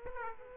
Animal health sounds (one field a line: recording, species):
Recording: mosquito wingbeat signal from an infrared sensor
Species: Aedes aegypti